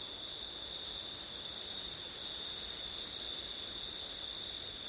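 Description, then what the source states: Continuous cricket trilling, even and high-pitched, with a softer pulsing shimmer higher up and a steady soft hiss underneath. Crickets on a windy September night; ortif recording.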